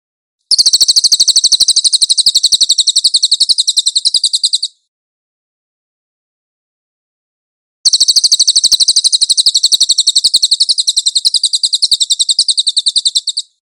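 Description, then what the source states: Cililin song: two rapid, high, chattering trills, the first about four seconds and the second nearly six, separated by a three-second silence. Cililin song, used for training cage birds.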